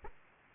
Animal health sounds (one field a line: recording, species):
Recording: mosquito wingbeat signal from an infrared sensor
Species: Aedes aegypti